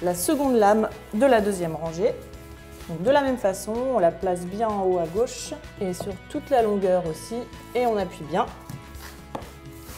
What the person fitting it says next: Et on appuie bien. C'est clipsé.